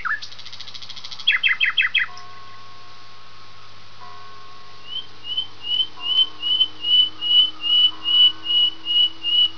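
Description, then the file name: Common nightingale song: a quick burst of trilled notes, then a clear whistled note repeated rapidly, rising in loudness, over steady electrical hum tones. "usignolo"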